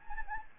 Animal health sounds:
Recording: mosquito wingbeat signal from an infrared sensor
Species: Anopheles gambiae

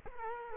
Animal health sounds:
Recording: mosquito wingbeat signal from an infrared sensor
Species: Culex quinquefasciatus

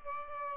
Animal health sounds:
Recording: mosquito wingbeat signal from an infrared sensor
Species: Aedes albopictus

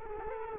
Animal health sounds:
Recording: mosquito wingbeat signal from an infrared sensor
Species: Culex quinquefasciatus

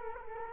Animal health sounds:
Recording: mosquito wingbeat signal from an infrared sensor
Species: Culex quinquefasciatus

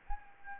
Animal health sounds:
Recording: mosquito wingbeat signal from an infrared sensor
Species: Anopheles gambiae

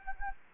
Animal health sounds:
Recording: mosquito wingbeat signal from an infrared sensor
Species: Anopheles gambiae

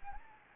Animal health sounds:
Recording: mosquito wingbeat signal from an infrared sensor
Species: Anopheles arabiensis

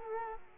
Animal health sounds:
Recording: mosquito wingbeat signal from an infrared sensor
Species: Culex quinquefasciatus

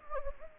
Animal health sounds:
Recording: mosquito wingbeat signal from an infrared sensor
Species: Anopheles gambiae

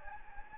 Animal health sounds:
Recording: mosquito wingbeat signal from an infrared sensor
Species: Anopheles gambiae

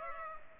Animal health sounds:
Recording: mosquito wingbeat signal from an infrared sensor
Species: Culex pipiens

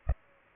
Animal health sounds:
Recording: mosquito wingbeat signal from an infrared sensor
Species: Culex pipiens

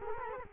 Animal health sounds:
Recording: mosquito wingbeat signal from an infrared sensor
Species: Culex quinquefasciatus

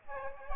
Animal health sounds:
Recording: mosquito wingbeat signal from an infrared sensor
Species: Aedes aegypti

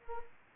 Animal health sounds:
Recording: mosquito wingbeat signal from an infrared sensor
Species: Anopheles arabiensis

